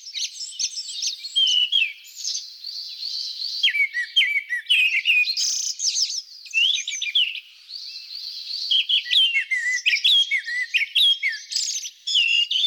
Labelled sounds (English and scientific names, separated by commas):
Grey-backed Thrush (Turdus hortulorum) song